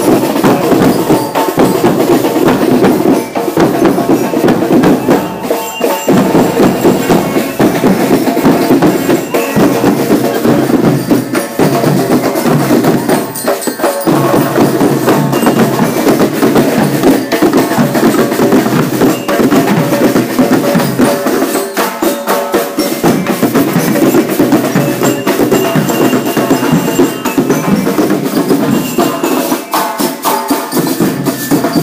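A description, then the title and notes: A street parade in Costa Rica fills the air with dense, steady crowd noise and music, loud, with occasional brief dips around fourteen and twenty-two seconds. Costa Rica street parade.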